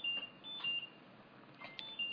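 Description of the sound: High-pitched alarm beeps and whooshing sounds from the home mechanical ventilator of a 20-year-old man with Duchenne muscular dystrophy who uses a ventilator and electric wheelchair 24 hours a day.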